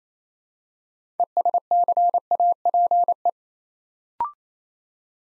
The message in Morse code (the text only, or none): ESCAPE